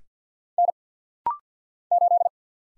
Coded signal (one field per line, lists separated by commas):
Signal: Morse code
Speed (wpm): 50 wpm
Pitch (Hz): 700 Hz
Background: none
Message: N 8